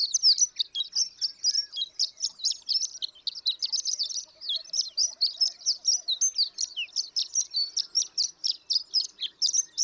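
Horned lark song: rapid high tinkling and twittering notes pouring out continuously.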